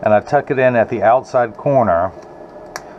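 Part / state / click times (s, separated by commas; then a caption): prescription lens into eyeglass frame rim / seated / 2.8 s. A prescription polarized brown lens is tucked in at the outside corner of a loosened metal/acetate rim on a Ray-Ban 3016 Clubmaster frame and pushed around the edges while someone talks. A sharp snap is heard at 2.8 s as the lens seats in the frame.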